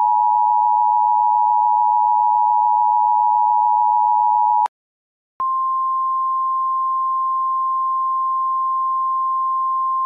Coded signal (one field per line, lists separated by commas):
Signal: Emergency Alert System (SAME) tones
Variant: 853 and 960 Hz attention tone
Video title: EAS Classic: Clayranger503's Final EAS Video (Original Version)